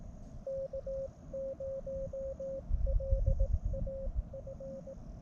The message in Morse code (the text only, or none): K0LAF